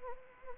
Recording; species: mosquito wingbeat signal from an infrared sensor; Anopheles arabiensis